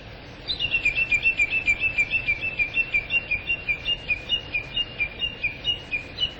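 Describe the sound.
Bush warbler song: a long, rapid series of sharp, high chipping notes lasting around six seconds over a soft background hiss.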